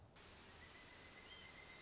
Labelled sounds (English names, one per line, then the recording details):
Pileated Woodpecker
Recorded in Sonoma County, California